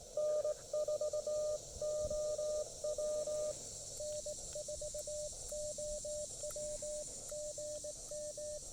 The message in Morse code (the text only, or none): N4OW N4OW GM